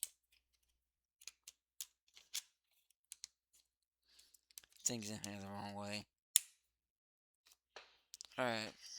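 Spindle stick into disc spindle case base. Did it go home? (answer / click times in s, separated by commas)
no / none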